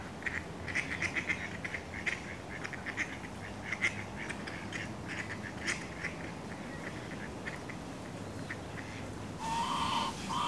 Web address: BBC Sound Effects Library BBC 02-Exterior Atmosphere 04 City Park, Near A Pond With Ducks